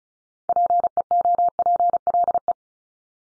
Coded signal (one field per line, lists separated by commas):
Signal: Morse code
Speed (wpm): 36 wpm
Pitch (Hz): 700 Hz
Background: none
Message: PEOPLE